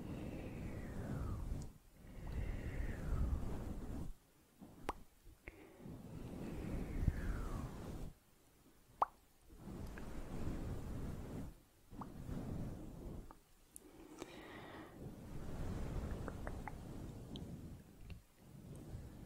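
Soft, slow mouth sounds and brushing against a fluffy microphone come as low, muffled rumbling swells separated by short silences. Sharp little clicks and wet pops appear every few seconds, with several gliding, whistly sweeps that fall in pitch.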